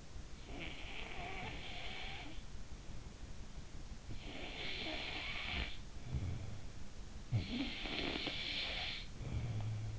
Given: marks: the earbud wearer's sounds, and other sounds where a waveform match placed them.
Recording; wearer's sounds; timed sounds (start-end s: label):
sounds in sleep by an in-ear microphone; snoring breath
0.00-3.08 s: snoring breath
3.71-9.99 s: snoring breath